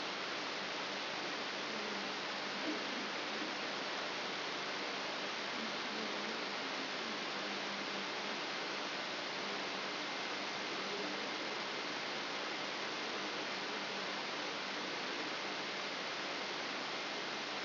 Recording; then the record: brain microelectrode recording played as sound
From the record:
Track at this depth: outside the subthalamic nucleus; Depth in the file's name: 6.101 mm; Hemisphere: left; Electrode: 3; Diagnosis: Parkinson's disease